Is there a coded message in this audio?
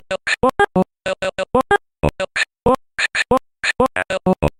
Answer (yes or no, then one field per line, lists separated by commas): no